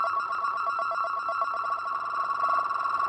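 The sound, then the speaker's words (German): A digitized brain wave of a healthy person played as sound: a steady, bright electronic buzz with a rapid, even flutter, holding one pitch throughout with no voices. “Hier die Welle des Gesunden.”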